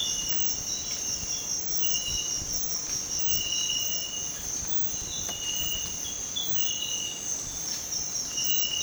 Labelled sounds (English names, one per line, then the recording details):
none
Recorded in dense forest near Puerto Asís, Putumayo, Colombia, on 20 December 2024 at 06:00
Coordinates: 0.466, -76.327
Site G075